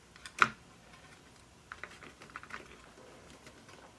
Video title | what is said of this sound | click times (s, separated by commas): custom neon genesis evangelion keyboard build ⌨️ AKS068PRO w/ neapolitan ice cream switches | LED diffuser things here actually sit underneath the board yeah let me snap into place like that | 0.4 s